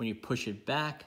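Someone talks while handling a telescoping metal pen, pushing the body back so the tip will extend and lock in its extended position. Only speech is heard in this short stretch. Nothing has seated or clicked yet; the tip has not locked in place.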